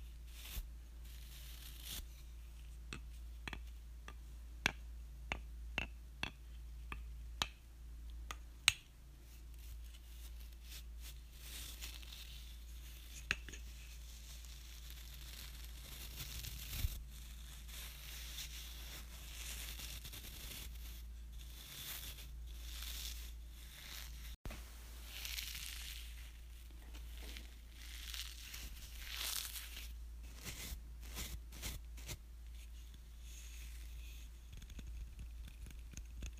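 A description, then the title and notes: Paint brushes handled and brushed, with sharp clicks early, scratchy bristle swishes throughout, and a steady low hum. From large room painting brushes to small canvas paint brushes.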